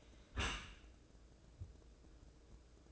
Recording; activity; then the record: daily activity, microphone in the room; close dishwasher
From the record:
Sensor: 2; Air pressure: 1012.2 hPa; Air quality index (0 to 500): 145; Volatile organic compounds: 2 ppm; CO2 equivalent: 1065 ppm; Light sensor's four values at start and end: 282/691/280/282 and 281/688/278/281